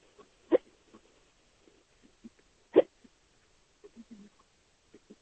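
Two sharp, abrupt gulping hiccups from an adult, about two seconds apart, with faint breathing and small noises between.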